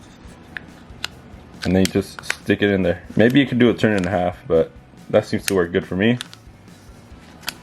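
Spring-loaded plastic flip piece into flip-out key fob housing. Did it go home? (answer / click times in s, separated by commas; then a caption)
yes / 7.5 s. A spring-loaded plastic flip piece, twisted counterclockwise to preload its spring, is inserted into the housing of a flip-out key fob for a Jeep WJ Grand Cherokee while someone talks. Small sharp ticks sound at 0.6 and 1.1 seconds. At 7.5 seconds the plastic piece clicks down, showing the spring is set correctly and the piece is seated.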